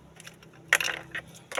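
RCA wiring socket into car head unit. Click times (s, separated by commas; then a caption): 0.7 s. An RCA wiring socket is pushed into the back of a 9-inch Android head unit for a Toyota Etios Valco, and a sharp click sounds at 0.7 s, followed by more rattling and a second burst of clatter around 1.6 s. The click is heard, but the socket's lock has not latched yet.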